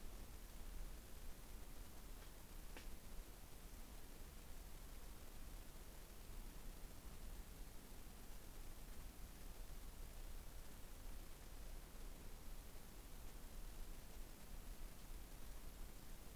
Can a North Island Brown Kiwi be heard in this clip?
no